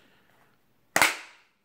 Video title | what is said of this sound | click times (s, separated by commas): iPhone 7 Plus Supcase Unicorn Beetle Premium Hybrid Case Review! | okay once again very nice satisfying click as always get | 1.0 s